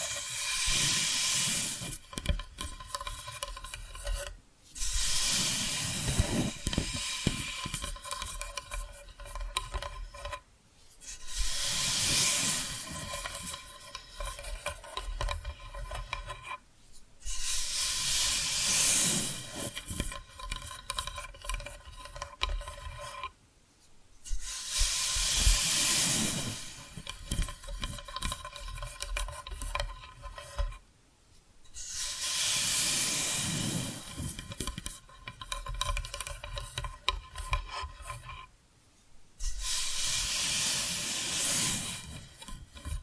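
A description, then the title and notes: Hissy scratching comes in long bursts of about five seconds, each separated by a brief silence, in a steady repeating cycle. The scraping is bright and dense, with a faint low rumble and a thin steady hum underneath. ASMR 10 Hypnotic Tapping & Scratching Sounds for DEEP SLEEP (No Talking).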